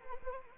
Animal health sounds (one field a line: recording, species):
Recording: mosquito wingbeat signal from an infrared sensor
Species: Anopheles arabiensis